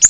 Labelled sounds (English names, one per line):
Yellow-rumped Warbler flight call